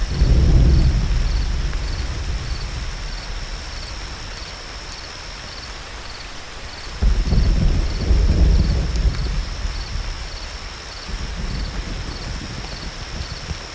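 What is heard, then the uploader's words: Deep, rolling thunder rumbles at the start and returns around seven seconds, swelling then slowly fading. A steady, high cricket chirr pulses evenly throughout, with a soft wash of rain beneath it. Summer Thunderstorm | Rain, Thunder & Cricket Sounds. A summer thunderstorm, blending rain sounds, thunder, and crickets into a comforting soundscape.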